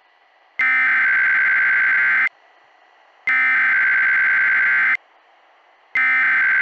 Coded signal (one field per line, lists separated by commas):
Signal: Emergency Alert System (SAME) tones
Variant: header bursts